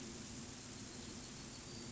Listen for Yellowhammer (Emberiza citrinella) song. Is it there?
no